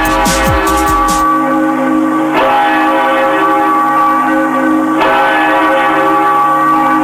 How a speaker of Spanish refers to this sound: Cada vez que entran al oído las campanas, la parroquia de la Victoria revive una historia enraizada en la fe profunda de los tucumanos.